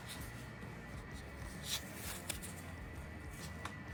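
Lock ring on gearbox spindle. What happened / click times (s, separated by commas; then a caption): The lock ring clicked into place / 3.7 s. A lock ring is pushed further onto the gearbox spindle of a Talaria Sting R 72V during a fix after the spindle broke, with soft shuffling handling noise over a faint steady high hum and a sharp tick at 2.3 s. The lock ring clicks into place at 3.7 s, and it is confirmed fully seated.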